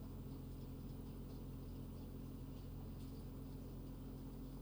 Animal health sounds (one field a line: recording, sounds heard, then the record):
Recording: poultry house recording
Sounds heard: healthy chickens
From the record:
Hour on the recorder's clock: 23